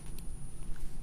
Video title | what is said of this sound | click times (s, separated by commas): How To Make Gemstone Jewellery - JewelleryMaker LIVE (am) 26/07/2015 | and then clicks back into place | 0.2 s